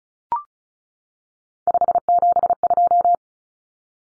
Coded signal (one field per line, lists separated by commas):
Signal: Morse code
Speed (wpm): 34 wpm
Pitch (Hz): 700 Hz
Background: none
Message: 572